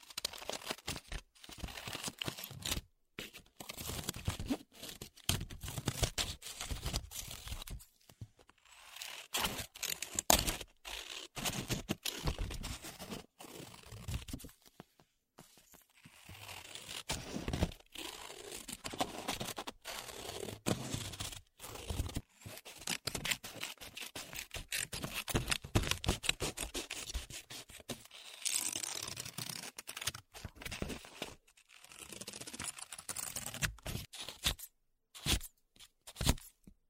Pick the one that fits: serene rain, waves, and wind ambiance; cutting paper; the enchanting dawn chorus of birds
cutting paper